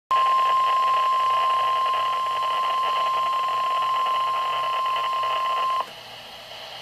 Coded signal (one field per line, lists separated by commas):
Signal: Emergency Alert System (SAME) tones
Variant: 1050 Hz attention tone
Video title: EAS #290 - Severe Thunderstorm Warning (6/29/2012)